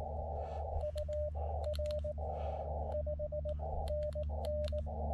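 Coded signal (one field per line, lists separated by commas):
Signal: Morse code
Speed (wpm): 19 wpm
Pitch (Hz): 590 Hz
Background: radio noise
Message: UR 5NN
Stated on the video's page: CW from a 10W radio on a mountain summit, working stations in the US, Canada and New Zealand.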